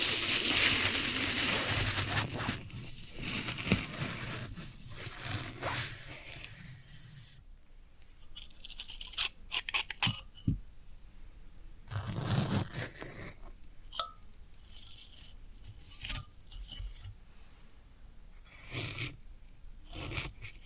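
Floral foam is crumbled and scraped, a dense gritty crunching for the first seven seconds, then sparser scratchy pokes and brief rubs.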